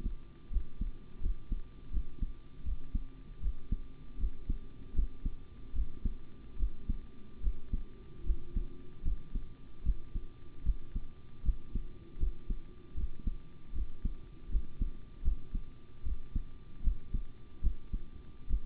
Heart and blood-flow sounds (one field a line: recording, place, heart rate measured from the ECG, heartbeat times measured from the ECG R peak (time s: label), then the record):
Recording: heart sounds by stethoscope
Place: between the tricuspid and mitral areas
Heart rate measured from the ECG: 77 bpm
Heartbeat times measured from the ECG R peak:
0.50 s: heartbeat
1.21 s: heartbeat
1.91 s: heartbeat
2.63 s: heartbeat
3.41 s: heartbeat
4.18 s: heartbeat
4.94 s: heartbeat
5.73 s: heartbeat
6.57 s: heartbeat
7.41 s: heartbeat
8.24 s: heartbeat
9.03 s: heartbeat
9.83 s: heartbeat
10.64 s: heartbeat
11.43 s: heartbeat
12.18 s: heartbeat
12.95 s: heartbeat
13.73 s: heartbeat
14.50 s: heartbeat
15.23 s: heartbeat
16.03 s: heartbeat
16.82 s: heartbeat
17.61 s: heartbeat
18.48 s: heartbeat
From the record:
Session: rest, sitting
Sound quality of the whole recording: good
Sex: male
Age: 25 years